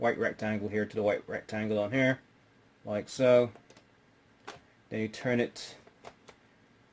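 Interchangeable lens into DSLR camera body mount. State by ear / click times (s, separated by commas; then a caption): seated / 6.1 s, 6.3 s. An interchangeable lens is fitted to a Canon T5 DSLR camera body by lining up the white marks on the lens and body and twisting the lens clockwise on the bayonet mount. Someone talks throughout, with short clicks at 6.1 and 6.3 seconds as the lens clicks into place and is seated.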